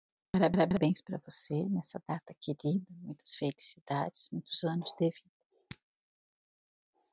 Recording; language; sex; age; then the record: short text; Brazilian Portuguese; female; 40 to 49 years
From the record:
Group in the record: control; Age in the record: 49 years